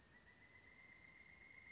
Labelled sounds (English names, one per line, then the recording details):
Pileated Woodpecker
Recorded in Sonoma County, California